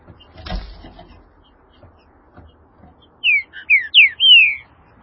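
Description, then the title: Green-winged saltator song: a brief thump early, then a loud phrase of five rich, slurred whistled notes, the last one long and descending. "Trinca Ferro"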